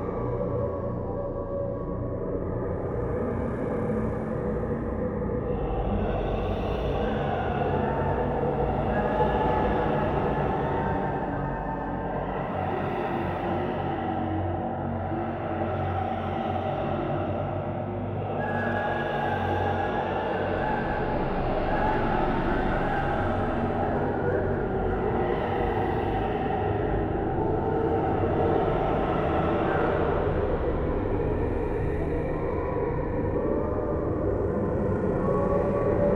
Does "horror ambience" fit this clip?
yes